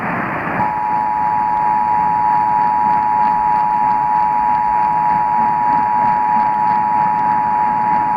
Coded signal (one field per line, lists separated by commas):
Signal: Emergency Alert System (SAME) tones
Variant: 853 and 960 Hz attention tone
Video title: August 2021 Utah RMT on KSL | 8/25/21 | EAS 459